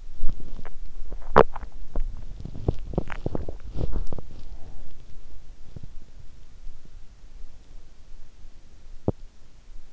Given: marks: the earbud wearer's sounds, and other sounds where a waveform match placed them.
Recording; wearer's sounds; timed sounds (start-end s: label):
sounds in sleep by an in-ear microphone; swallowing
0.00-1.82 s: swallowing
2.49-4.19 s: swallowing